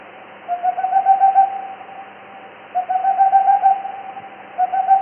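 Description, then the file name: Boreal owl song: rapid bursts of soft, even hoots on one low pitch, each burst lasting about a second, three bursts with the last cut off, over a faint steady hum. "sych mokhnonogijj"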